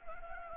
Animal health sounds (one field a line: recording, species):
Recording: mosquito wingbeat signal from an infrared sensor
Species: Anopheles gambiae